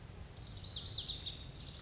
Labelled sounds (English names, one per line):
Lazuli Bunting